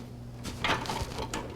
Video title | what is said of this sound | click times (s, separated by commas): Computer Build featuring Intel i7-8086k - MSI Z370 Gaming Pro Carbon - ADATA XPG NVME SSD - LIVE | will hear them click once they're locked in there | 0.6 s, 1.3 s